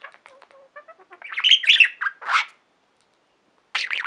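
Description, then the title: Budgerigar chatter: short soft chirps at first, then a burst of loud buzzy warbling notes, a pause of silence, and more chatter at the end. "Budgie Sounds"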